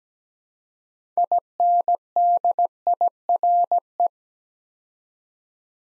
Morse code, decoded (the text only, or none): INDIRE